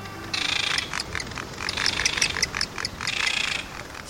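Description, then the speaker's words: Seabird calls, a dense chorus of harsh, strident cries overlapping in several loud bursts, with constant rough background noise. Strident seabird calls at Palmyra Atoll, 1,000 miles south of Hawaii in the South Pacific, a ring-shaped island around a lagoon. "Strident calls of seabirds fill the salty air at Palmyra Atoll, 1,000 miles south of Hawaii in the South Pacific."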